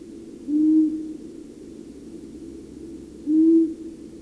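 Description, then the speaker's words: Long-eared owl hoots: two low, soft, even hoots about three seconds apart over a quiet background hiss. Common in years with plenty of voles and mice; can be nearly absent in poor vole years. "Tämä ääntelijä oli sarvipöllö."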